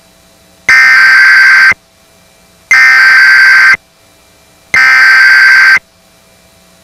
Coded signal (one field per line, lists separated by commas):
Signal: Emergency Alert System (SAME) tones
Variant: header bursts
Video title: The Emergency Alert System: 20 Years, 20 Activations